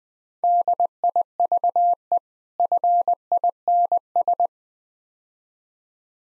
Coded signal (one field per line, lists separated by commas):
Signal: Morse code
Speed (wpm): 21 wpm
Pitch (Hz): 700 Hz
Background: none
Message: DIVE FINS